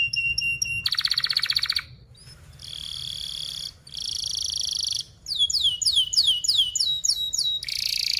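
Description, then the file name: Canary song: steady tones, a rattling trill, sustained buzzy rolled tones, then quick descending chirps in rapid series and a final buzzy roll. Gacor singing canary with fast, tight, sharp rolling chirps (speed rapat, cuit-cuit, ngerol tajam). "Suara Kenari Gacor Speed Rapat Cuit Cuit Ngerol Tajam"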